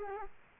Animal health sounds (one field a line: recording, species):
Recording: mosquito wingbeat signal from an infrared sensor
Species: Culex quinquefasciatus